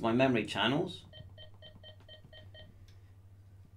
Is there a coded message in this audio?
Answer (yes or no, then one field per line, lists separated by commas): no